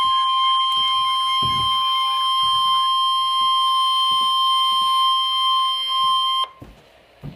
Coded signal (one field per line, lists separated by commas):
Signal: Emergency Alert System (SAME) tones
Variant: 1050 Hz attention tone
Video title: Severe Thunderstorm Warning - EAS #633